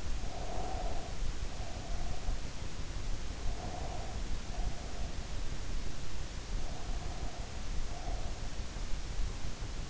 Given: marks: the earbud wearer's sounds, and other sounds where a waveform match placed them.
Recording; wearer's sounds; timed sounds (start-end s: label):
sounds in sleep by an in-ear microphone; breath
0.00-2.35 s: breath
3.48-5.38 s: breath
6.63-8.58 s: breath